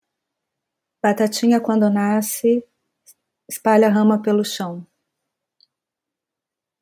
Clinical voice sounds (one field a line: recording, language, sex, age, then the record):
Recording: short text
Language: Brazilian Portuguese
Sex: female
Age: 50 to 59 years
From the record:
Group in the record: control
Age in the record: 52 years